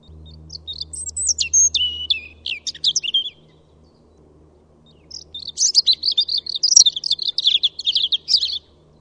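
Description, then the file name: European robin song: two thin, high, tinkling phrases of rapid warbled notes and trills, the first lasting about three seconds, a pause, then a longer sparkling phrase. "Pettirosso"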